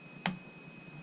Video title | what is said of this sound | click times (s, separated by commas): Unboxing M.2. Install M.2. Fresh Windows Install. Alienware M15 Dell. | Hear it click. | 0.3 s